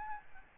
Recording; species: mosquito wingbeat signal from an infrared sensor; Aedes albopictus